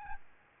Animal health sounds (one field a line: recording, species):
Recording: mosquito wingbeat signal from an infrared sensor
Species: Aedes albopictus